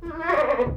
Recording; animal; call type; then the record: contact call of a hoofed animal; goat; low-frequency (closed-mouth) or high-frequency (open-mouth) call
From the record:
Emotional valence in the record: positive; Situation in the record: food anticipation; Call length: 0.77 s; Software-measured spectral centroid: 1270 Hz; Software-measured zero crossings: 1400 a second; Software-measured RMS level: -23 dBFS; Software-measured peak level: -13 dBFS